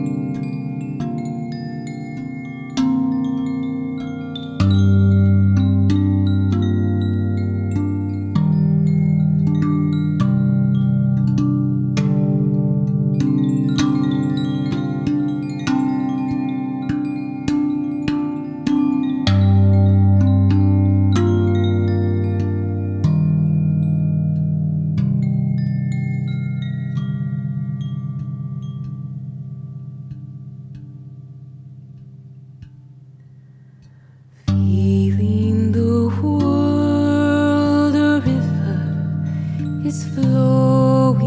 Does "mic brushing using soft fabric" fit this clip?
no